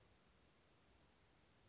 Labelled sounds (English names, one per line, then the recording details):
Chestnut-backed Chickadee
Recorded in Sonoma County, California